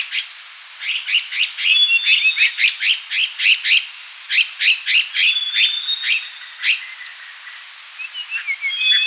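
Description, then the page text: Red-faced liocichla scolds with long runs of rapid, harsh rasping notes in several bursts, broken by brief pauses and a few thin whistled notes. "Red-Faced Liocichla Scolding Calls. Quick Sounds"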